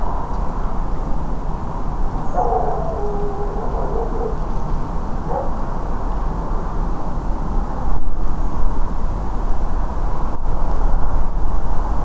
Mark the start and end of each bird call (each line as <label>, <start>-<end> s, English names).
Redwing, 2.24-2.46 s